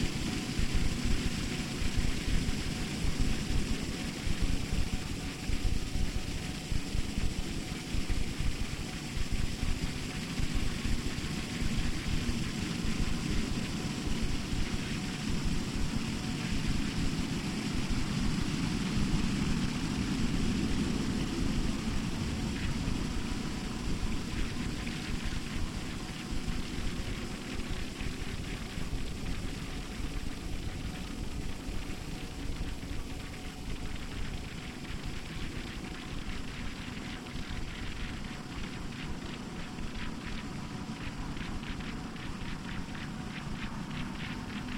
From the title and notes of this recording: Excerpt from improvised sound performance at Institute of Visual Art, Milwaukee, WI. Live processing of the sound of a water fountain located in a public plaza was mixed together with field recordings and synthesizer sequences to create an ambient soundscape that was performed and played back in the same public space.